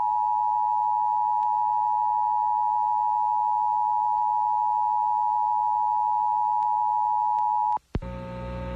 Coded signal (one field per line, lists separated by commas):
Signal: Emergency Alert System (SAME) tones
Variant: 853 and 960 Hz attention tone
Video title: (EAS #50) (WCVV-FM) Flood Warning For Athens OH (1/29/2024)